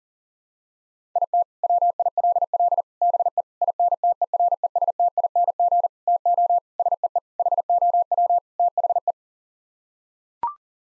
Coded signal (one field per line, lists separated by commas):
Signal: Morse code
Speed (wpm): 40 wpm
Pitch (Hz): 700 Hz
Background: none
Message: IT WILL BE INTERESTING TO SEE HOW THE